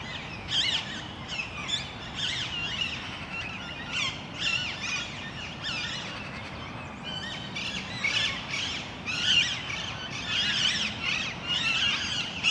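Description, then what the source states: Parakeets calling together, loud grating screeches in bursts of several birds at once, crowding each other over a constant low hum. Parakeets in Parc Duden, Forest, Brussels, Belgium, recorded just before nightfall with Zoom MicTrak M4 internal XY microphones.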